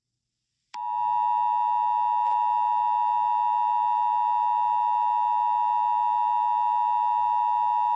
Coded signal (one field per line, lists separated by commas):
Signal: Emergency Alert System (SAME) tones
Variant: 853 and 960 Hz attention tone